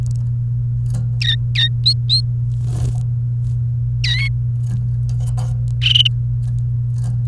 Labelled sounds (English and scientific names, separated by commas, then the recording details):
Domestic Canary (Serinus canaria) song
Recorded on 28 April 2018 at 15:53
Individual llb3